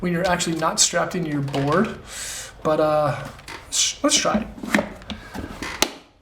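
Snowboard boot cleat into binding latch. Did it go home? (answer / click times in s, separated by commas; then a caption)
yes / 4.8 s, 5.8 s. Someone talks as a 2020 Burton Step On snowboard boot is stepped into a Step On binding that is off the board, not mounted. The plastic and metal toe latch gives sharp clicks at 4.8 s and 5.8 s, the two clicks it is supposed to make. The boot's cleat is seated and latched in the binding.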